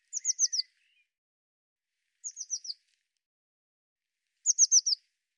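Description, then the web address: Bird repeating three bursts of four high, falling notes about two seconds apart, with a faint lower twitter at the start. "cianscape birddata Deverinetal 2025 File cleaned normalized Bird Cy Ca"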